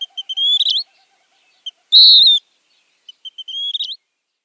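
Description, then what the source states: Western Wood-Pewee dawn song: short pip notes running into a rising whistled phrase, a strong burry note, then pips and the rising phrase again. Dawn song, longer than the day song, the peewee song intermixed with a pee followed by two short pip notes; song is burry and nasal, a version of its name.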